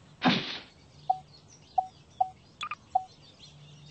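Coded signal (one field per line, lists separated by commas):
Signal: none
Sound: cartoon sound effect beeps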